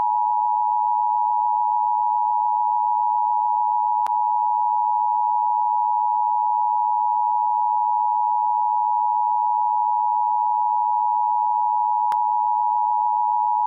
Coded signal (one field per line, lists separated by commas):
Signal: Emergency Alert System (SAME) tones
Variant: 853 and 960 Hz attention tone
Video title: [SUPER RARE!!!] CIVIL EMERGENCY MESSAGE FOR MONTANA!!! (EAS ALERT 103)